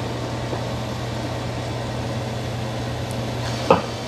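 A robot vacuum back at its docking station automatically detaches its mop pads, which drop off with a single sharp clunk at 3.7 seconds over a steady low hum. The mop pads are released, and someone talks.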